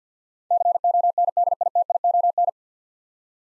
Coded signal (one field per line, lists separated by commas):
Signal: Morse code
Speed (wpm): 50 wpm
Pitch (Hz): 700 Hz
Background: none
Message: CONDITION